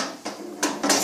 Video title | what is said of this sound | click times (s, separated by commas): Martin Yale Mark VII Introduction and Set up | tray and snaps it into place in the same manner and | 0.6 s